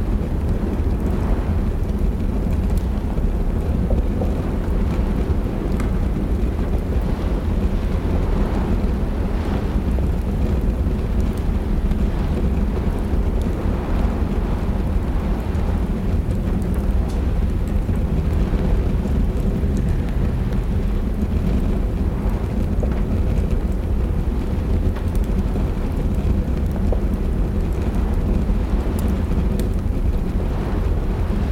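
Rain and a crackling fire in a warm attic during a storm. A steady, dense wash of rain sits over a deep, constant rumble, while small sharp crackles and ticks pop up irregularly throughout. The level stays even from start to finish.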